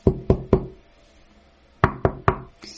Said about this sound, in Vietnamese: Nhưng tiếng gõ cửa vẫn cố chấp vang lên.